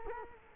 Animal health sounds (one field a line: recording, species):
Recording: mosquito wingbeat signal from an infrared sensor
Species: Culex quinquefasciatus